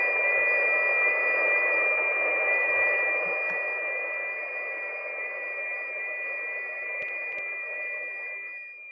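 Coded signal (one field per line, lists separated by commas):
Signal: FT8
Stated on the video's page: FT8 on 6 meters during a band opening, heard on a live stream.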